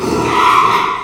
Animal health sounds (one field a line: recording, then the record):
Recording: squeal of a Yucatan mini pig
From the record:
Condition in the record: after surgery on the right vocal fold (resection and tissue-engineered implant)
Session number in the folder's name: 1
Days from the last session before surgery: 6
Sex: male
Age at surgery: 12 weeks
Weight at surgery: 13 kg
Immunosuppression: cyclosporine, prednisolone